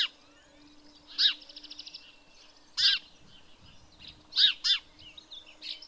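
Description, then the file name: House sparrow gives a few loud, harsh chirps, one doubled, with a brief fast pulsed trill after the first. "Passer domesticus"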